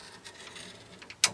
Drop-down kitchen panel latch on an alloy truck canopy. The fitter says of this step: then that snaps in place and